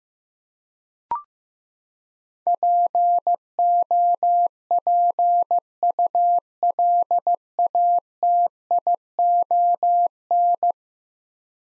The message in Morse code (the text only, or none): POPULATION